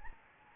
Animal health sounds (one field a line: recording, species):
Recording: mosquito wingbeat signal from an infrared sensor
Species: Anopheles gambiae